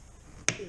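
A Garmin 73SV fish finder display unit is released from its quick-release mount on a Hobie kayak by pulling down the lever at the back of the mount. After quiet low background noise, a single sharp snap sounds at 0.5 s as the unit pops up off the mount, followed by a short fading ring.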